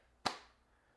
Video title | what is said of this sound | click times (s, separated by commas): The BEST Clear Case For The iPhone 16 Pro Max!! | solid click onto there it does feel really good onto the case let's see how those Corners fit | 0.3 s